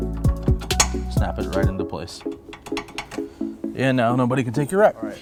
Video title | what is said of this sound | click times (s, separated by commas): Sportrack Crest 2 Locking Rack Review and Demo | this is the locking model of the crest so they provide a lock for this just snap right into place | 0.7 s, 0.8 s